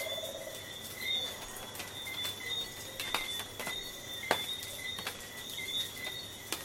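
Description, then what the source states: Insect chorus of high repeated chirps and clicks; a lower buzzing trill sounds briefly at the start. Coastal soundscape.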